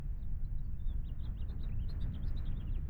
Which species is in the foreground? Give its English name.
House Finch